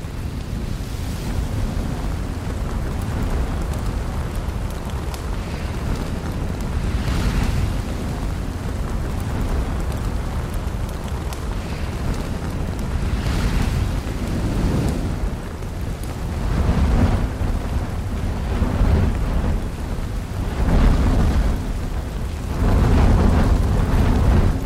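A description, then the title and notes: Lava fire gives a deep, continuous roar, dense and heavy in the low end, with a steady rumble throughout. Brighter hissing surges swell up every few seconds, strongest around 7, 13, 17 and 23 seconds, like bursts of crackling flame riding over the rumble. The deep and soothing sound of lava fire. The crackling and popping of molten rock creates a calming atmosphere.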